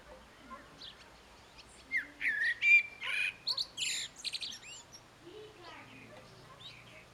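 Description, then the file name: Common blackbird song: a cluster of clear whistled notes and brief buzzy chirps in the middle, with quieter notes before and after over faint rumble. "Turdus merula"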